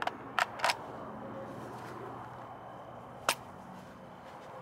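A steel .223 AK-pattern magazine, number three, is inserted into the magazine well of an M90 rifle. A few sharp metallic clicks come early, and then one distinct click at 3.3 s. The magazine only engages the magazine catch very lightly and does not click in properly, so it comes free.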